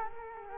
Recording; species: mosquito wingbeat signal from an infrared sensor; Culex quinquefasciatus